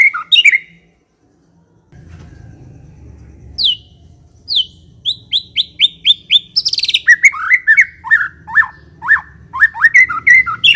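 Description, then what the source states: White-rumped shama singing, a few whistles at first, then a quickening series of clear high notes building into fast, varied warbled phrases over a low hum. Lure recording of an aggressive bird.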